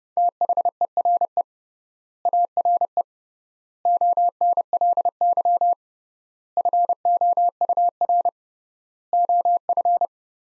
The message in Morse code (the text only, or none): THERE ARE ONLY FOUR OF